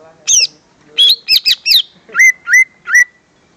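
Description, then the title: Greater green leafbird song: a varied run of clear whistled notes, some sliding down, others hooked and rising, delivered in quick separate bursts. "Kicau Burung Cucak Ijo"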